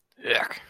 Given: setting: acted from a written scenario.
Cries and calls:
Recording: vocal sound without words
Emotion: disgust

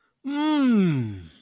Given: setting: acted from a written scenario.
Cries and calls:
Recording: vocal sound without words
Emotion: desire

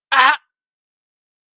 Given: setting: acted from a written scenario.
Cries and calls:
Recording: vocal sound without words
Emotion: pain

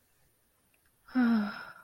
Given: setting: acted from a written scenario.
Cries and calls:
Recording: vocal sound without words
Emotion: ecstasy

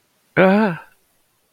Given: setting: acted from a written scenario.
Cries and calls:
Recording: vocal sound without words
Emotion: negative surprise

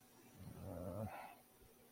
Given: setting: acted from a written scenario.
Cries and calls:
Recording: vocal sound without words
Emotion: guilt

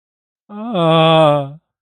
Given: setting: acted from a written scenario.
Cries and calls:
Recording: vocal sound without words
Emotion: distress

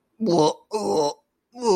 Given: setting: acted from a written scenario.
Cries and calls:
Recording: vocal sound without words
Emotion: disgust

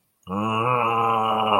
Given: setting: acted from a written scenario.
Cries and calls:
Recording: vocal sound without words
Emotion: anger

